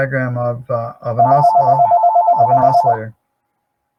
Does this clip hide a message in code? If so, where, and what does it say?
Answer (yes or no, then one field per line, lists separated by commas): no